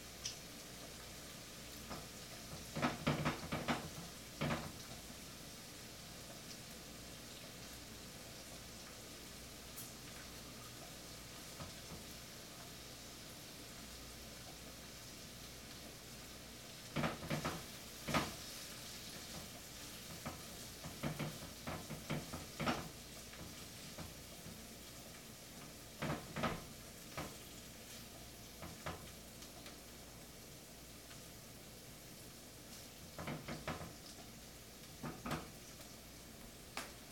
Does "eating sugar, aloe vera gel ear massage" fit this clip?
no